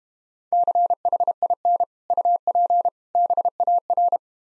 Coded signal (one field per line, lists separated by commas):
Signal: Morse code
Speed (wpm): 33 wpm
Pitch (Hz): 700 Hz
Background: none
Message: CHIN UP BAR